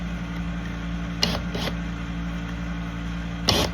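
A screw holding a foot onto a wooden cheese slicer board is driven in and strips out. Sharp clicks sound at 1.2 s and 3.5 s over a steady low hum, with a softer burst around 1.6 s.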